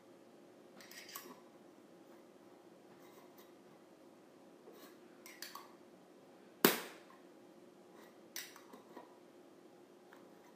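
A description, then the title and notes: A tin container lid is handled, giving light metallic clicks and scrapes near 1 second, around 5 seconds, and again near 8.5 seconds. A single sharp, ringing clank at about 6.6 seconds stands out as the loudest moment, decaying quickly. A faint steady hum runs underneath. ASMR Lid of a Tin Container.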